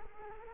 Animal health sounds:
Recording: mosquito wingbeat signal from an infrared sensor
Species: Culex quinquefasciatus

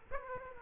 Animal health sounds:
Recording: mosquito wingbeat signal from an infrared sensor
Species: Aedes aegypti

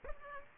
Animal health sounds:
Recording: mosquito wingbeat signal from an infrared sensor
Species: Aedes aegypti

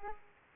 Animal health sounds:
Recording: mosquito wingbeat signal from an infrared sensor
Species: Aedes aegypti

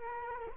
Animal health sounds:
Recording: mosquito wingbeat signal from an infrared sensor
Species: Culex quinquefasciatus

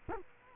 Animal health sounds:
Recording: mosquito wingbeat signal from an infrared sensor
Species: Culex quinquefasciatus

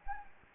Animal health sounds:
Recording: mosquito wingbeat signal from an infrared sensor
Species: Anopheles gambiae

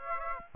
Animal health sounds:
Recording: mosquito wingbeat signal from an infrared sensor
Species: Aedes aegypti

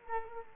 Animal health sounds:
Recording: mosquito wingbeat signal from an infrared sensor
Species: Culex quinquefasciatus

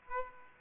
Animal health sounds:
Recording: mosquito wingbeat signal from an infrared sensor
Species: Aedes aegypti

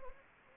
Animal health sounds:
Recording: mosquito wingbeat signal from an infrared sensor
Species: Anopheles gambiae

